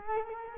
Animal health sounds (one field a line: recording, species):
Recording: mosquito wingbeat signal from an infrared sensor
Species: Culex quinquefasciatus